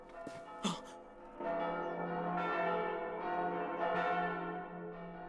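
Church bells ring out in a rich, overlapping peal in the anime Attack on Titan, their bright metallic tones swelling and sustaining steadily after a brief sharp sound at the start, with no one speaking.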